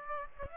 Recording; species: mosquito wingbeat signal from an infrared sensor; Aedes aegypti